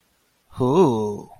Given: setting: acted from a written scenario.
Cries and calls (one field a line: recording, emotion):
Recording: vocal sound without words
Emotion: desire